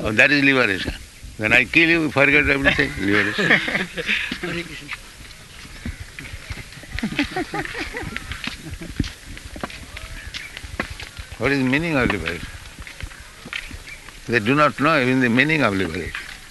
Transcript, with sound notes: That is liberation. Then I kill you, you forget everything---liberation. [laughter] What is the meaning of liberation? They do not know even the meaning of liberation.